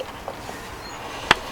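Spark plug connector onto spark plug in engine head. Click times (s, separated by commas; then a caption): 1.3 s. The ignition coil/spark plug electrode connector is pushed back down onto a freshly fitted spark plug in the engine head of a 1997 BMW Z3 1.9 with the M44 engine. A faint tap sounds at 0.3 s, then a sharp, bright click at 1.3 s as the connector seats onto the plug. No one talks.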